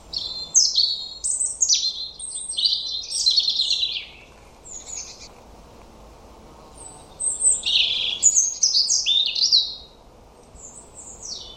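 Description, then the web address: European robin singing two bright, high phrases of tumbling notes and descending slurs, each followed by a clear pause of a couple of seconds. "Deverinetal 2025 File origin Bird Only Er Ru"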